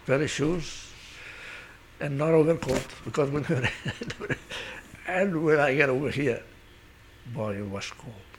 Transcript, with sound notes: Dirty shoes, and overcoat, because... ( he laughs ) Everywhere I get over here, boy, it was cold.